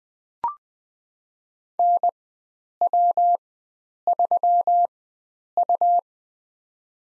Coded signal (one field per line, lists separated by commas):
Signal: Morse code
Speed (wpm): 20 wpm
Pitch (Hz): 700 Hz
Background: none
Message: NW3U